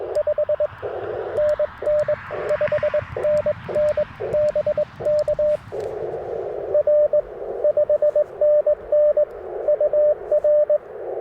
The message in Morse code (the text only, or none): 5NN 5NN BK R 5NN UR